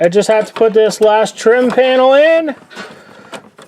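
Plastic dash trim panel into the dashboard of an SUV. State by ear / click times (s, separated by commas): not seated / none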